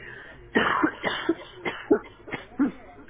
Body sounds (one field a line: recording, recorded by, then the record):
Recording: voluntary cough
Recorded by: telephone call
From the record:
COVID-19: positive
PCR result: checked with the laboratory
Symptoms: no